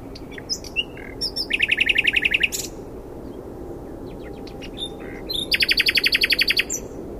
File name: Luscinia megarhynchos